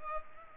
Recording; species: mosquito wingbeat signal from an infrared sensor; Culex pipiens